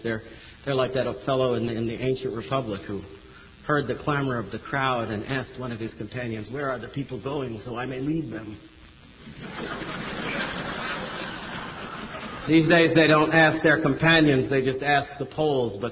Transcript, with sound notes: They're like that old fellow in the ancient republic who heard the clamor of the crowd and asked one of his companions, "Where the people going, so I may lead them?" [laughter] These days, they don't ask companions, they ask the polls,